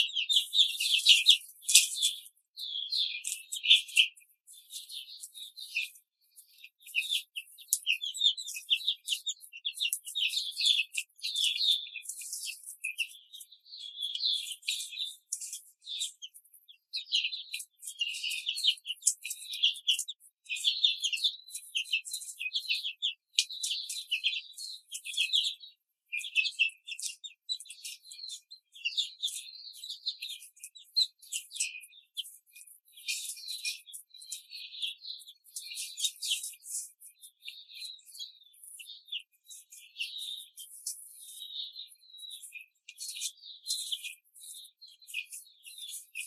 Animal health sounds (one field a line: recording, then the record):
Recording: young laying hens in a cage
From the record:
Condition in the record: control cage, before the stress test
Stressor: none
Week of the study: 4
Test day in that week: 3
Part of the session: 2